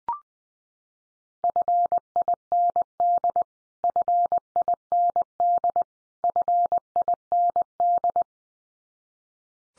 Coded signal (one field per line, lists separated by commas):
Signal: Morse code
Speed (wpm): 19 wpm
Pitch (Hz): 700 Hz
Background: none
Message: FIND FIND FIND